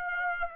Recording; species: mosquito wingbeat signal from an infrared sensor; Aedes aegypti